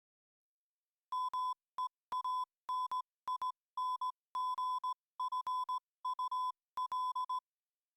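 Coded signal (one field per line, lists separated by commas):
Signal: Morse code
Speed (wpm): 17 wpm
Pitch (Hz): 1010 Hz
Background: music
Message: MEANINGFUL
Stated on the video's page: Simulated telegraph system with two telegraph keys communicating and simulated message reception.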